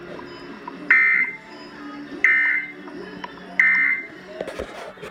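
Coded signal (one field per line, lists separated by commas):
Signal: Emergency Alert System (SAME) tones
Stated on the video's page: Severe Thunderstorm Warning sent over the Emergency Alert System.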